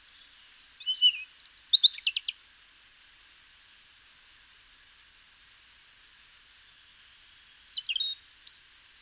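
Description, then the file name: European robin song in two short phrases several seconds apart, each with thin high notes and quick, sharp, scratchy twitters, with quiet between. "Erithacus rubecula"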